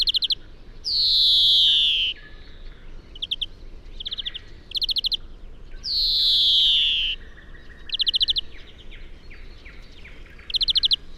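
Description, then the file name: European greenfinch repeating a long, buzzy downslurred wheeze twice, interspersed with short chirps and fast rattled trills, against a soft constant hiss. "Chloris chloris"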